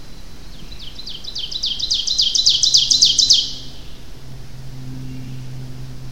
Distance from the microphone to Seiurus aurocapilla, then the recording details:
about 15 m. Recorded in boreal forest in Alberta, Canada, on 25 June 2016 at 07:26. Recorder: SongMeter 3, array SBT-6-76. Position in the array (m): 296 m, 78 m. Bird 1